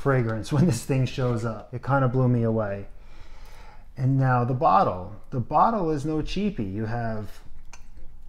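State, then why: Seated. Someone talks while the magnetic cap is put back on a heavy glass fragrance bottle. A sharp clink is heard at 7.7 s as the magnetic cap clicks into place.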